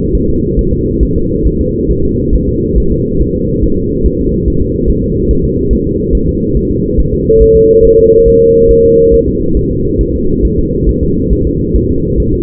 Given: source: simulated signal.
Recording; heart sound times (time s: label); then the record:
fetal heart sounds
0.15 s: S1
0.29 s: S2
0.59 s: S1
0.73 s: S2
1.03 s: S1
1.17 s: S2
1.47 s: S1
1.61 s: S2
1.91 s: S1
2.05 s: S2
2.34 s: S1
2.49 s: S2
2.78 s: S1
2.92 s: S2
3.22 s: S1
3.36 s: S2
3.64 s: S1
3.78 s: S2
4.06 s: S1
4.20 s: S2
4.48 s: S1
4.62 s: S2
4.90 s: S1
5.04 s: S2
5.31 s: S1
5.45 s: S2
5.73 s: S1
5.87 s: S2
6.15 s: S1
6.29 s: S2
6.57 s: S1
6.71 s: S2
7.00 s: S1
7.14 s: S2
7.42 s: S1
7.56 s: S2
7.85 s: S1
7.99 s: S2
8.28 s: S1
8.42 s: S2
8.71 s: S1
8.85 s: S2
9.14 s: S1
9.28 s: S2
9.57 s: S1
9.71 s: S2
10.01 s: S1
10.15 s: S2
10.45 s: S1
10.59 s: S2
10.89 s: S1
11.03 s: S2
11.33 s: S1
11.47 s: S2
11.76 s: S1
11.90 s: S2
12.20 s: S1
12.34 s: S2
From the record:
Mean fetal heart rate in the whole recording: 140 bpm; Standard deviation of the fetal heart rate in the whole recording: 2 bpm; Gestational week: 34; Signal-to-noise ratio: -15.3 dB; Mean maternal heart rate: 72 bpm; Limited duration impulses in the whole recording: present